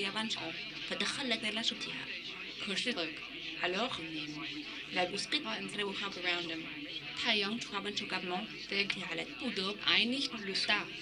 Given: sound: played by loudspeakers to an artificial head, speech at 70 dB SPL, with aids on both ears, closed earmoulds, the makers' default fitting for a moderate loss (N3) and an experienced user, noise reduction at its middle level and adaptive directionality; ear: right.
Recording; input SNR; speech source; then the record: speech test signal (ISTS) in cocktail-party noise; +9 dB; in front (0 degrees)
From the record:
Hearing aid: class 2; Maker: D